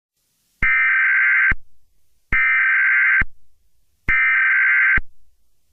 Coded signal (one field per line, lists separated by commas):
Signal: Emergency Alert System (SAME) tones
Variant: header bursts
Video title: EAS Scenario 36: San Andreas